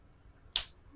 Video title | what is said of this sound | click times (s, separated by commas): รีวิว สว่าน 3 ระบบ OSUKA OCHD802 อีกตัวเลือกของสายช่าง แรงบิด65Nm. รอบไม่ตก ! | มยครับเฮ้ยคลิกล็อคอันนี้แน่นนตัว | 0.6 s